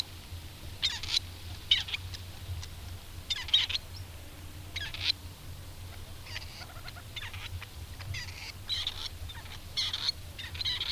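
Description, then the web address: Grey partridge uttering rasping, creaky call notes in brief clusters, some louder, others fainter, over a constant low rumble. "agykontroll Madardalok Cd 2. Fogoly"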